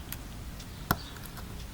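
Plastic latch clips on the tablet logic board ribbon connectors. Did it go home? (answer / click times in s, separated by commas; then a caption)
yes / 0.1 s, 0.9 s. Small plastic ZIF connector latch clips on the ribbon connectors of an iPad 2 logic board are pushed back into position over the ribbon cables. Two short, sharp clicks sound at 0.1 s and a louder one at 0.9 s, with a fainter tick at 1.3 s, as the latch clips snap shut and seat.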